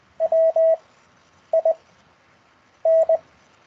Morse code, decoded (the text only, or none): W I N